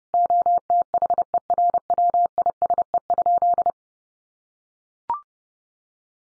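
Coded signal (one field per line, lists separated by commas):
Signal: Morse code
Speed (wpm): 30 wpm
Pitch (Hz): 700 Hz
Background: none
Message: OTHERWISE?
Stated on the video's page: Practice sentences from the top 1200 words sent at 30 wpm for head-copy, each sent twice.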